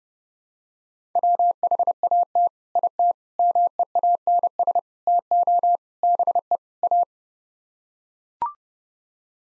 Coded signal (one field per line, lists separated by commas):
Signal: Morse code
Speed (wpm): 31 wpm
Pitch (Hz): 700 Hz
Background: none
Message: WHAT IT MEANS TO BE A